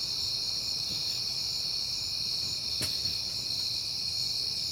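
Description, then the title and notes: Crickets trilling continuously at a high pitch, with a sharp click near the three-second mark and a low hum beneath. Crickets on a peaceful night in September. "Night Time: Crickets and Passing Cars. It is September and I have been hearing the crickets a lot, but finally had a peaceful night to make the recording"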